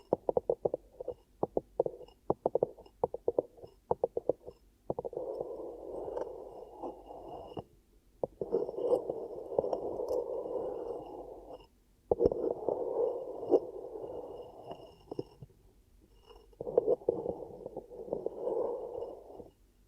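Ear cupping, starting with quick, uneven pats for five seconds, then long muffled rushing swells that stop and restart every few seconds.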